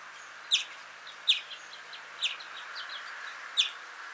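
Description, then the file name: European greenfinch call notes, short sharp chips around mid-high pitch, four notes spaced irregularly about a second apart over steady background hiss. "Chloris chloris"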